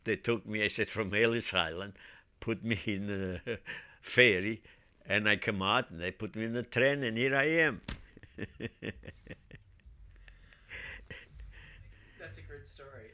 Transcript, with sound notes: They took me," I said, "from Ellis Island, put me in a ferry, (he laughs) and I came out and they put me in a train and here I am." (he laughs)
That's a great story.